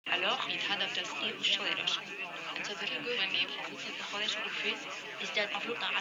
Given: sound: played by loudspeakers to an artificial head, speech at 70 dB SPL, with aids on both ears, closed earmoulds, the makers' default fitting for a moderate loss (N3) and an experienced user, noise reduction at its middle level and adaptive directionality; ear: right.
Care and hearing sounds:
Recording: speech test signal (ISTS) in cocktail-party noise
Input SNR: 0 dB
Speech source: in front (0 degrees)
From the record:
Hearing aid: class 1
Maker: G

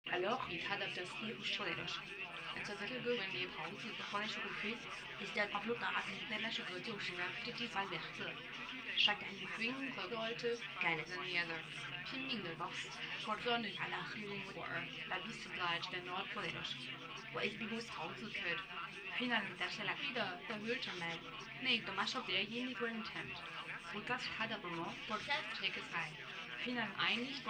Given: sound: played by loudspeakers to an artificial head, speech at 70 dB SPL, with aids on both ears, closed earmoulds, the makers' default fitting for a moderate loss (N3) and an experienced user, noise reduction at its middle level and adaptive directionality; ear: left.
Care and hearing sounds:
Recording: speech test signal (ISTS) in cocktail-party noise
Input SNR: +6 dB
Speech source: on the right (90 degrees)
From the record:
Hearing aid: class 2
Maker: F

